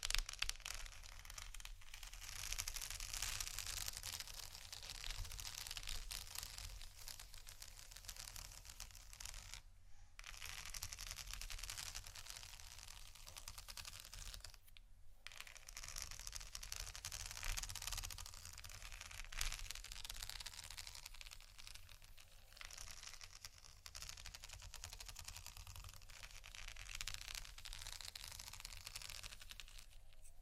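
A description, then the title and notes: Textured sheets are tapped and scratched in a dense, restless run of dry, bright clicks and scrapes that continues nearly without pause. Brief near-silent gaps fall around ten and fifteen seconds, and a low steady hum sits underneath throughout. ASMR Textured Sheets Tap & Scratch （No Talking）.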